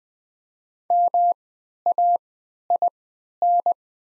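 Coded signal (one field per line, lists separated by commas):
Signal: Morse code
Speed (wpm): 20 wpm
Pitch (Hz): 700 Hz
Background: none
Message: MAIN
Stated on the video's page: Farnsworth-timed practice set of the top 500 words at 20 wpm with triple character spacing, for moving learners from individual characters to whole words.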